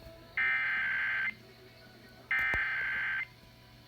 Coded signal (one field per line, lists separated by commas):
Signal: Emergency Alert System (SAME) tones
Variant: header bursts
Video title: EAS Pennsylvania Required Monthly Test #5